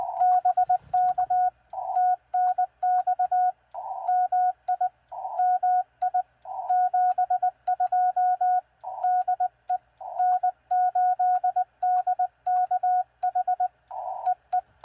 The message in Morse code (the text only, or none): BK TNX MI MI 72 DE N8DKH EE